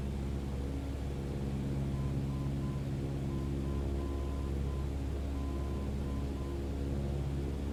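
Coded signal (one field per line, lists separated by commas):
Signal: Morse code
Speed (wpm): 7 wpm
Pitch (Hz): 1020 Hz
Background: none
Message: SFD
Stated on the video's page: Navigation beacon ident heard during a simulated flight lesson on NDB/VOR tracking.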